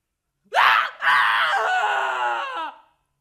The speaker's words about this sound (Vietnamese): Một tiếng hét kinh hoàng, gần như có thể vang vọng khắp cả khách sạn cũng đã vang lên.